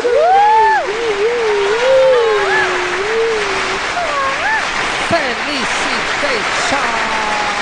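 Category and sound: crowd, applause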